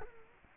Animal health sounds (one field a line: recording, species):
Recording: mosquito wingbeat signal from an infrared sensor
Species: Culex quinquefasciatus